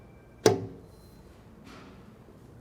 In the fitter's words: ball with the cup shape on the bottom of the strut that also snaps into place so